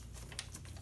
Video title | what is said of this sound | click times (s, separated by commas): Kitaco Clutch Cover Filter & Sight Glass + Oil Cooler Port Kit Installed on 2019 Honda Grom SF : DIY | it'll pop into place like that then grab one of your retainer bolts and put | 0.4 s